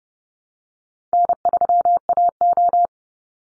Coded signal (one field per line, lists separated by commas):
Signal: Morse code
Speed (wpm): 30 wpm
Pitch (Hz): 700 Hz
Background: none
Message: N3AO